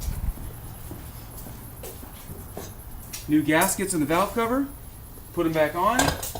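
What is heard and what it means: The metal wire retaining bail that holds the valve cover on a vintage VW Beetle engine is handled during reassembly, with faint low handling noise and a few soft knocks in the first three seconds. Someone then talks through the rest of the clip. The bail has not yet been pushed up over the cover, so nothing has snapped into place yet.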